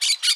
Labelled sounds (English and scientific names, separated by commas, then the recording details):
Brown-throated Parakeet (Eupsittula pertinax) contact call
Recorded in Aruba
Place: hill w/tanki N of Savaneta
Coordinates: 12.461, -69.944